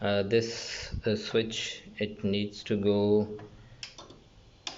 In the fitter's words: over here see the click sounds